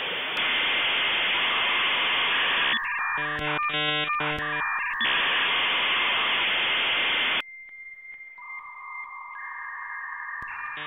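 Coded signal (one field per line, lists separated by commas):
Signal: dial-up modem handshake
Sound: loud rushing modem hiss, warbling stepped tone bursts, more hiss, then steady high and mid tones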